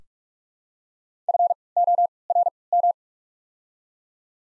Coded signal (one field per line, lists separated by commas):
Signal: Morse code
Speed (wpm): 43 wpm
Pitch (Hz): 700 Hz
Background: none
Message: FORM